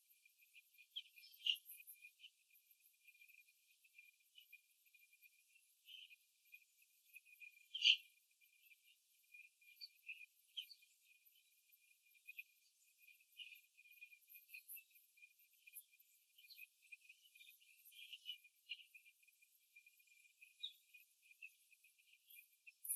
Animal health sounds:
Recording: young laying hens in a cage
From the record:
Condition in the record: after the stressor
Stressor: simulated dog barking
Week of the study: 3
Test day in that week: 1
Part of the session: 4

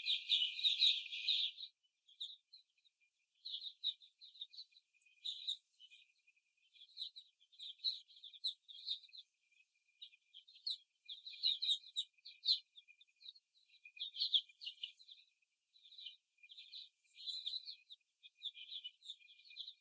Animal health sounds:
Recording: young laying hens in a cage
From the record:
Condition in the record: before the stressor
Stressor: simulated dog barking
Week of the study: 1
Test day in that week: 2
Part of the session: 2

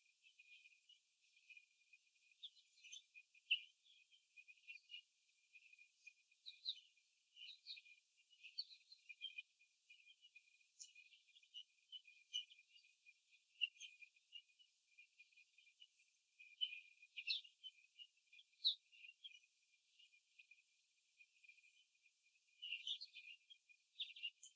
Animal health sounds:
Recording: young laying hens in a cage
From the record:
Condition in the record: before the stressor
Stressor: simulated dog barking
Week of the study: 3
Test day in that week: 2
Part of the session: 2

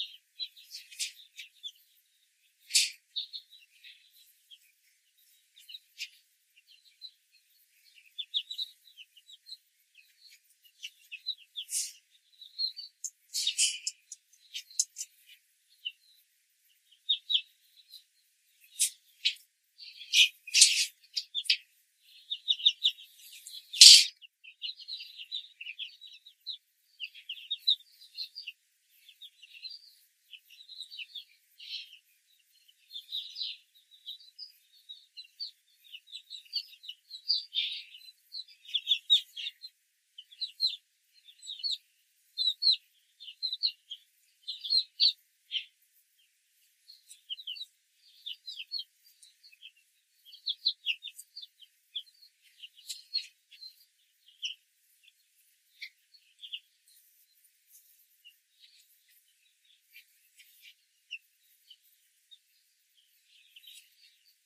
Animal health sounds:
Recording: young laying hens in a cage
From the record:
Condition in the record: control cage, after the stress test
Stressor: none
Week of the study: 4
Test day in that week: 1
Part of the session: 1

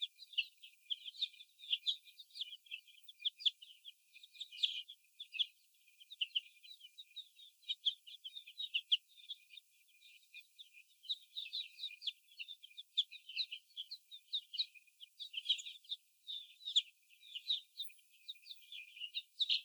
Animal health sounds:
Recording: young laying hens in a cage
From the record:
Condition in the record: before the stressor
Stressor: sudden umbrella opening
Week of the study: 2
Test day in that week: 1

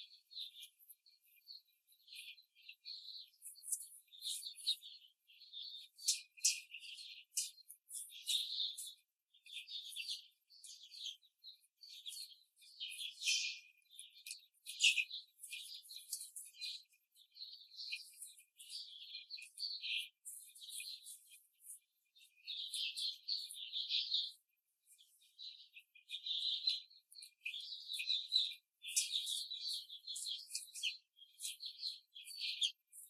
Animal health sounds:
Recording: young laying hens in a cage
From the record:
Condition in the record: control cage, before the stress test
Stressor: none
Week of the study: 4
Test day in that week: 3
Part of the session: 1

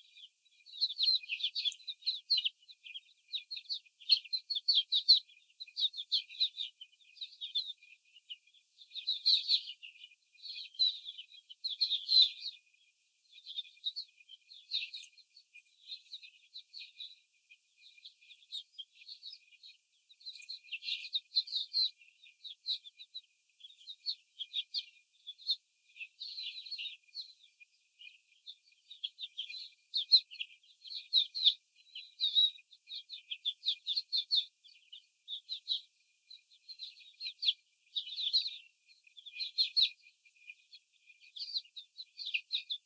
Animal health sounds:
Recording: young laying hens in a cage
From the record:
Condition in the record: after the stressor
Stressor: simulated dog barking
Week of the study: 4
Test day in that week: 3

